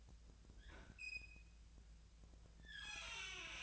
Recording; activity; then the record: daily activity, microphone in the room; open fridge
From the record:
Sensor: 2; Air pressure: 1009.5 hPa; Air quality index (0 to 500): 186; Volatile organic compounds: 11 ppm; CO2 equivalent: 2312 ppm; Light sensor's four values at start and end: 23/56/24/26 and 23/55/24/26